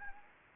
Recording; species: mosquito wingbeat signal from an infrared sensor; Anopheles gambiae